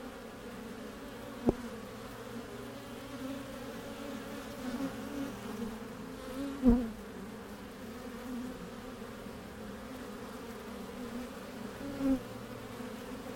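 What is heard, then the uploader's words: A beehive entrance hums with a steady, dense drone of many bees, low and even throughout. Close buzzing passes stand out briefly, with sharp near-microphone bumps around 1.5, 6.7 and 12 seconds as bees fly past or touch it. Hive Entrance From Top. A warm spring day in the Mission district, San Francisco 2009, at the backyard garden beehive of Tree.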